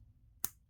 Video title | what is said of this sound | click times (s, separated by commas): New Sugess Hi-Best dress watch S433 with Date adjust 😉 - Full Review - The Watcher | and a nice Punchy click as well you can see just a little latch there | 0.4 s